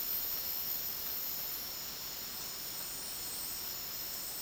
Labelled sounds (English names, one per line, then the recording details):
none
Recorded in dense forest near Puerto Asís, Putumayo, Colombia, on 24 March 2025 at 14:00
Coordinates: 0.499, -76.324
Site GP03